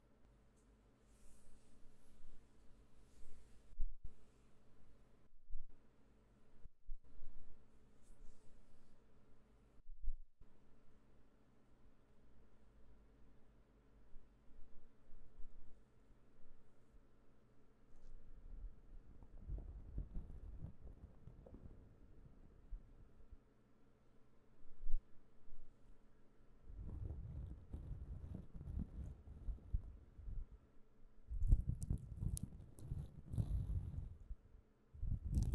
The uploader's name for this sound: hands sounds and hair brushing and mouth sounds